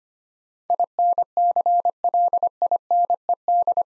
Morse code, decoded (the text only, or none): INCLINED